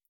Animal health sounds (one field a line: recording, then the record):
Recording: hydrophone in a shrimp aquaculture tank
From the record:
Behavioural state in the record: feeding